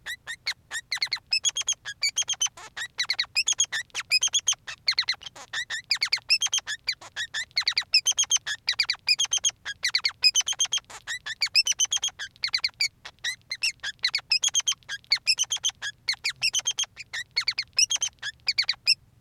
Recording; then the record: song of a male Bengalese finch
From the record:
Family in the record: son of father 3